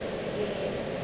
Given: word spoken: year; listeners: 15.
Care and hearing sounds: one English word in noise, from a listening test; speech-shaped noise; -4.0 dB; 0 of 15; 6 of 15; 0.65 s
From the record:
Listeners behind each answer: 6, 1, 1, 1, 1, 1, 1, 1, 1, 1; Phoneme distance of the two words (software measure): 31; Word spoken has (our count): 1 syllable, 2 phonemes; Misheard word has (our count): 2 syllables, 5 phonemes, stress on syllable 1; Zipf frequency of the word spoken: 5.92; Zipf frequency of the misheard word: 4.88

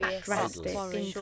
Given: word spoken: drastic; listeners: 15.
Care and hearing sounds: one English word in noise, from a listening test; four-talker babble; -2.9 dB; 0 of 15; 7 of 15; 0.81 s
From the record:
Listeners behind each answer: 7, 2, 2, 1, 1, 1, 1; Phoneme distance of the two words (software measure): 48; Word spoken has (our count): 2 syllables, 7 phonemes, stress on syllable 1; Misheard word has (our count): 2 syllables, 5 phonemes, stress on syllable 1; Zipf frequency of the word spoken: 3.57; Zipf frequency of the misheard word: 4.75

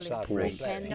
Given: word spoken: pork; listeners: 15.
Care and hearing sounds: one English word in noise, from a listening test; four-talker babble; -0.2 dB; 2 of 15; 6 of 15; 0.55 s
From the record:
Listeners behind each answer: 6, 2, 1, 1, 1, 1, 1, 1, 1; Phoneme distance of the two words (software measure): 10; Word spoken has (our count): 1 syllable, 3 phonemes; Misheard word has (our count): 1 syllable, 3 phonemes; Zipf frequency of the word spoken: 4.39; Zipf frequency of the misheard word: 4.49

